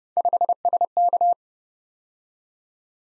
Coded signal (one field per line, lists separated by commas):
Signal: Morse code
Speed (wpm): 30 wpm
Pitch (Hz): 700 Hz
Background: none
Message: 5SK